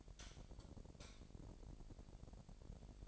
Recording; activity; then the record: daily activity, microphone in the room; light off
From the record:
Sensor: 5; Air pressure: 1012.0 hPa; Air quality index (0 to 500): 248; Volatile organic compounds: 4 ppm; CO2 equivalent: 1683 ppm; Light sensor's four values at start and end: 40/94/39/42 and 39/89/37/40